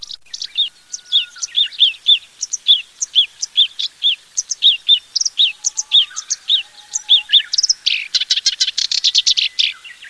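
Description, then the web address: Bird calling: a long series of bright, high chirps repeated at a steady quick pace, ending in a rapid burst of dense notes, with faint thin tones beneath. Higashiosaka, Japan. "higashiosaka bird koe"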